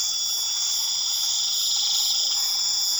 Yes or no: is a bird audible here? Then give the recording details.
no. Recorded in pastures near Puerto Asís, Putumayo, Colombia, on 8 March 2025 at 21:00. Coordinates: 0.487, -76.322. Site G077